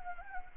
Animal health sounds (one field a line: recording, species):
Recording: mosquito wingbeat signal from an infrared sensor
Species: Anopheles gambiae